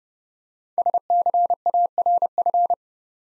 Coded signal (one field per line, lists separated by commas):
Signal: Morse code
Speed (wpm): 30 wpm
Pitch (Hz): 700 Hz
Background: none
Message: SCARF